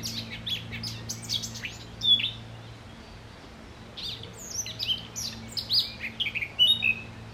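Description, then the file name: Eurasian blackcap song: two bursts of rapid, scratchy warbling mixed with clear high whistles, separated by a brief pause, with a steady low hum beneath. "Sylvia atricapilla"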